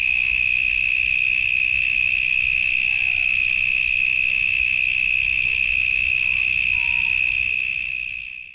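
Cicadas hold a constant high-pitched buzzing drone, with faint background sounds, and it fades out at the very end.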